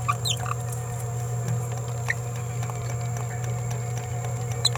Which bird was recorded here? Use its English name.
Green-rumped Parrotlet